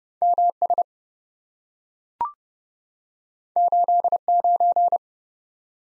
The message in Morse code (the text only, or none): MS 89